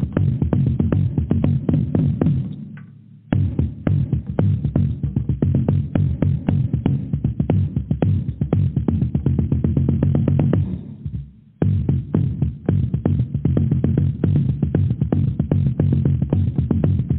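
Drumming plays in a dense, steady stream of rapid strokes, mostly low and thudding with a throbbing, humming body. The beat drops out briefly around three seconds and again near eleven seconds, each time resuming at the same fast, even pace.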